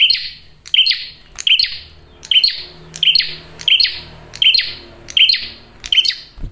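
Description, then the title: Prinia with repeated rasping chirp notes, each a short click then a buzzy burst, coming at a fairly even pace over low rumble. Male prenjak singing loud, clear and continuous, for use as a lure (pikat) and to draw in females. "Masteran Duet Cililin Vs Kapas Tembak. PRENJAK JANTAN GACOR SUARA JERNIH, RAPET. " COCOK UNTUK PIKAT MAUPUN PANCINGAN BETINA ""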